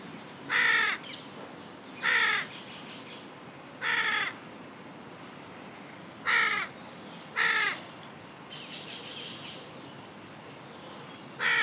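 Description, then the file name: Carrion crow giving harsh, raspy caws, six spaced calls at irregular intervals. "Corvus corone"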